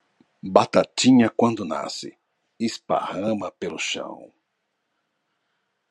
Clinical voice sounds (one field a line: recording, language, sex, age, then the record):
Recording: short text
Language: Brazilian Portuguese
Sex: male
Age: 40 to 49 years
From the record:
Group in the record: control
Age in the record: 49 years